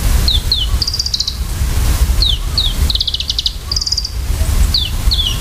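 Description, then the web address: Varied tit with paired high, falling notes followed by buzzy, rapidly pulsed trills, the pattern given twice and a third pair at the end, over low rumbling background noise. "sikioto. yamagarazinaki"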